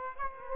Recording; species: mosquito wingbeat signal from an infrared sensor; Aedes aegypti